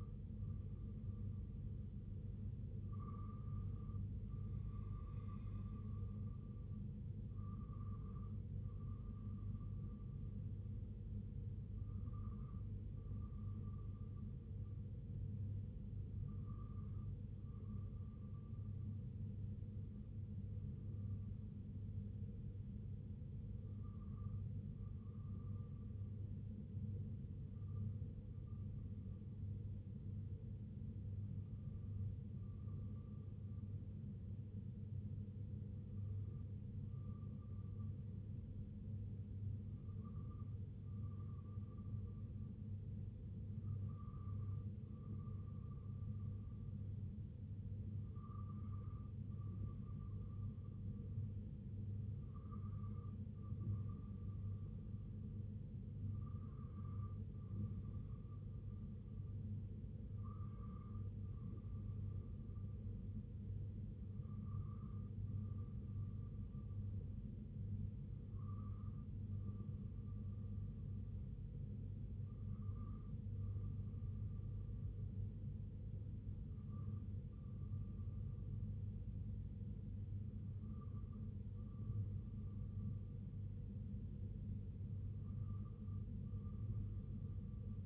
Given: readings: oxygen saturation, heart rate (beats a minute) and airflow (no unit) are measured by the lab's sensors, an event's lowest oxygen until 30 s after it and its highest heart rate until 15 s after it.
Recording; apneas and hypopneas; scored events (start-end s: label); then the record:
breathing in sleep by a smartphone at the bedside; 1
18.00-47.10 s: hypopnea (N2, oxygen 96% highest, then 93% lowest, heart rate 60 at the start, 68 highest)
From the record:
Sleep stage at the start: N2 (light sleep); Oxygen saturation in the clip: 93 to 96%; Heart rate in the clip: 58 to 79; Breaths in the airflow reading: 19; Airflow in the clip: -6.5 to 3.4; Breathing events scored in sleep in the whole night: 258 in 7.4 hours asleep